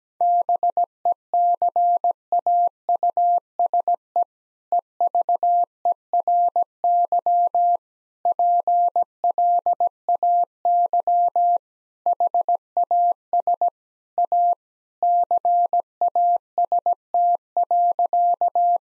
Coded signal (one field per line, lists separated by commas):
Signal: Morse code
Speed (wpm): 17 wpm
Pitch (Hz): 700 Hz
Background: none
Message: BECAUSE EVERY PLAY HAS A CAST.